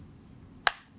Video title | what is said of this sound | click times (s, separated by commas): TWIST Mount - Monitor Right-Angle Adapter | so once you hear it snap in that's locked on there it's not tight obviously but it won't fall off | 0.7 s